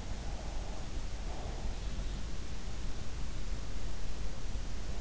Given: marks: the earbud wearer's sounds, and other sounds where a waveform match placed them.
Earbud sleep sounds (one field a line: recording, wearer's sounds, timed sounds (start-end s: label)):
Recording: sounds in sleep by an in-ear microphone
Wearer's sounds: breath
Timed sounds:
0.04-1.86 s: breath